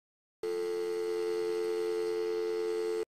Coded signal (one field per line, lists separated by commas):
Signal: telephone call progress tone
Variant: North America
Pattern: dial tone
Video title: Dial tone